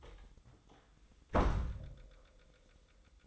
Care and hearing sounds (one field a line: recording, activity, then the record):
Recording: daily activity, microphone in the room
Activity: close door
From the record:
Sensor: 3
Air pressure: 1004.9 hPa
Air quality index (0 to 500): 76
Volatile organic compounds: 2 ppm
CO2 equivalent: 1147 ppm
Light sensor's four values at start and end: 8/19/8/7 and 8/19/8/7